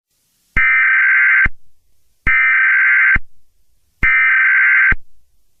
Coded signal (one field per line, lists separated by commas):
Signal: Emergency Alert System (SAME) tones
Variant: header bursts